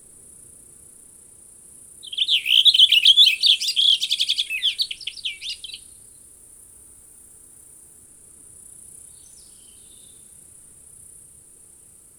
Cassin's Finch song recorded in Moraine Park in Rocky Mountain National Park.